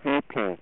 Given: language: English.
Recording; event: throat vibration sensor signal played as sound; speech